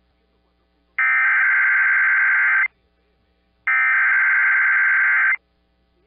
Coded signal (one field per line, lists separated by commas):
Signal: Emergency Alert System (SAME) tones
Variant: header bursts